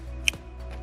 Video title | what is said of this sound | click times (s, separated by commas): Volvo VEA 2.0L Spark Plug Replacement Overview S60, S80, V60, S90, V90, XC40, XC60, XC70, and XC90. | and click these electrical connectors back into place. You should hear an audible click | 0.3 s